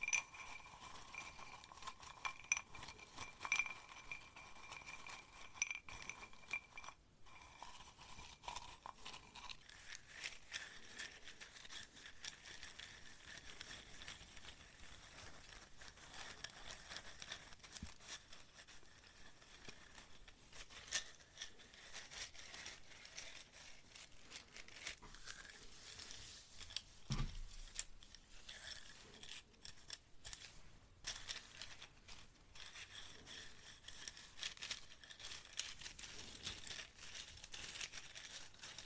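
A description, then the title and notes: Crackly tapping and crinkling triggers with light glassy clinks, a faint steady tone in the first ten seconds, and a dull thump near 27 seconds. Random Triggers | No Talking | Binaural. I use a glass bottle, duct tape, a bag of safety pins, and a seashell to achieve some lovely, tingly sounds.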